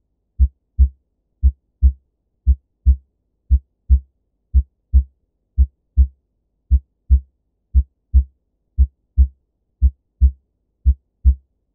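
Regular paired low thumps at about 58 beats a minute, with a short gap inside each pair and a longer pause between pairs: normal first and second heart sounds of an adult heart heard by stethoscope. S1 is closure of the mitral and tricuspid valves, mainly the louder mitral component, loudest at the apex; S2 is closure of the aortic and pulmonic valves, with the aortic component normally louder.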